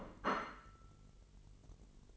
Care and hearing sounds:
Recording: daily activity, microphone in the room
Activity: place plate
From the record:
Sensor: 4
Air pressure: 1002.9 hPa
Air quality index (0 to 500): 246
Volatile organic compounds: 20 ppm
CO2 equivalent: 2674 ppm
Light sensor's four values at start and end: 5/12/4/5 and 5/12/4/5

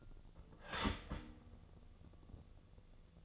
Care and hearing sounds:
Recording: daily activity, microphone in the room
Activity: start toaster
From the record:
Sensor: 4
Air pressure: 1001.0 hPa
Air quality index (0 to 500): 152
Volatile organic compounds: 2 ppm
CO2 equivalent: 1111 ppm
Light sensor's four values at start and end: 19/45/19/20 and 19/45/19/20

